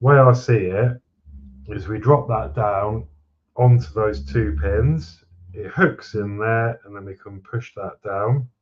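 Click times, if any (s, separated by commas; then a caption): none. Someone talks while handling a plastic speedometer part for a scale model VW T1 Samba camper, lining it up to drop onto two locating pins in the model's dashboard, hook it in and push it down. No click is heard, and the part has not seated or clicked yet.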